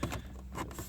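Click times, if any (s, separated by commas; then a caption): none. A plastic shifter cover is handled over the center console of a Chevy HHR, being pushed down at the top to snap it back into place. Brief plastic handling taps and rustles are heard, with small sharp knocks around 0.0, 0.4 and 0.7 seconds. The clip ends before the cover goes home, so nothing has seated or clicked yet.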